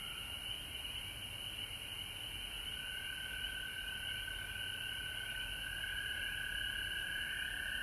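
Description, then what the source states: Frog chorus of overlapping trills; a mid-pitched voice swells louder partway through and stays strong to the end, over background rumble. Frogs recorded at home in Georgia on March 19, 2020.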